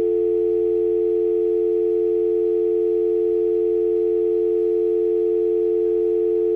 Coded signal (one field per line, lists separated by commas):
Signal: telephone call progress tone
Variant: North America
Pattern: dial tone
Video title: Dial Tone - Short Film